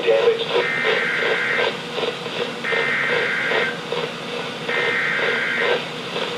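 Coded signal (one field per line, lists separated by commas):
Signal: Emergency Alert System (SAME) tones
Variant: header bursts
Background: speech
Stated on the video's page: NOAA Weather Radio severe thunderstorm alerts on 162.475 and 162.450 MHz, received on Sangean CL100, Midland WR120EZ and Reecom R1650 radios.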